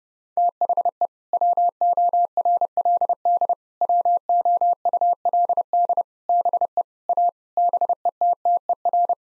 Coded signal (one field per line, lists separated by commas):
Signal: Morse code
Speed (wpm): 32 wpm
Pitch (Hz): 700 Hz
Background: none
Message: THE WORLD WOULD BE A BETTER